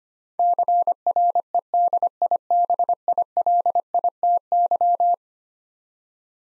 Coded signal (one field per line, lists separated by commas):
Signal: Morse code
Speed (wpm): 25 wpm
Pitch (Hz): 700 Hz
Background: none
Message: CREDIBILITY